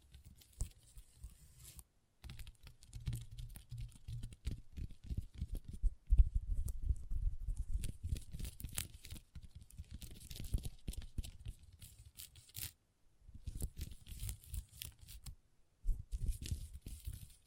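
Long nails tap and scratch across a table in dense, irregular bursts, mostly low and knocking with bright scraping edges. The activity is busiest from about six to ten seconds, then comes in shorter runs, with brief full silences near two, twelve and fifteen seconds.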